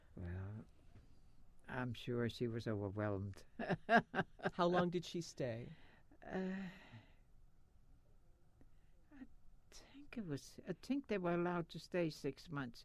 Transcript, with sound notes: Well, I'm sure she was overwhelmed. (she laughs)
How long did she stay?
I think it was, I think they were allowed to stay six months.